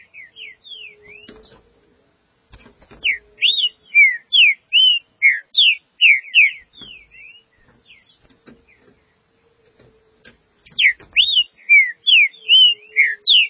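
Green-winged saltator singing loud slurred whistles, rising and falling, in quick runs with pauses between them, with faint clicks.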